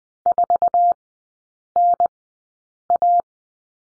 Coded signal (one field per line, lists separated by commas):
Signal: Morse code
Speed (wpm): 20 wpm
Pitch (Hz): 700 Hz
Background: none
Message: 4NA